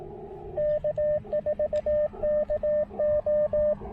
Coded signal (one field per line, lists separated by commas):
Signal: Morse code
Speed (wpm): 18 wpm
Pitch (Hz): 590 Hz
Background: radio noise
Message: K4KO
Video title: Pairing the Icom IC-705 & Elecraft AX1: POTA Portable on the Pamlico Sound!